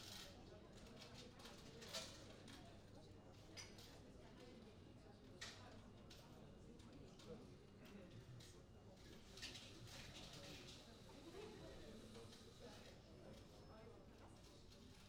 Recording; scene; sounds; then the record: everyday scene through a hearing-aid microphone; many people talking; many voices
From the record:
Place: university cafeteria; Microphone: in the ear canal, right